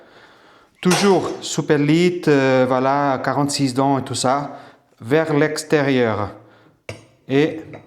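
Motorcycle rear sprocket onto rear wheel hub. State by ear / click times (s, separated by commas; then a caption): not seated / none. Someone talks while a new 46-tooth Superlite rear sprocket is positioned onto the studs of a motorcycle's rear wheel hub, teeth facing outward, with a brief sharp tap at about 6.9 s. Nothing has seated or clicked yet; the sprocket is still being handled and has not gone home.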